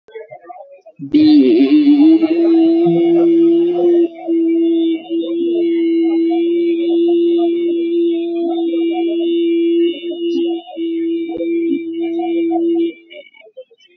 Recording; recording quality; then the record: sustained vowel as in beet; moderate, slight background noise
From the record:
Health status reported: exposed to COVID-19, no respiratory illness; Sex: male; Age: 24 years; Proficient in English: yes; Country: India